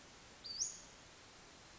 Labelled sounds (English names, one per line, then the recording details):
Western Flycatcher
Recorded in Sonoma County, California